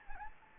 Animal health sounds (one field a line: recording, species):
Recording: mosquito wingbeat signal from an infrared sensor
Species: Anopheles gambiae